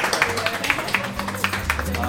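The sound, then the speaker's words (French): A group of people applauding themselves, with sharp claps falling in a steady, fairly quick rhythm at moderate loudness, while murmuring voices carry on underneath. “Applaudissements. Ah ben oui, applaudissez-vous.”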